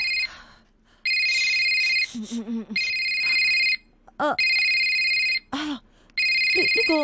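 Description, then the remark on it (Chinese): A mobile phone rings with an incoming call to a new phone number: four steady, high electronic ringtone bursts about a second long, with brief voices speaking in the pauses between them. “曾生电话号码，佢打电话俾我， 佢点知你个新电话噶？”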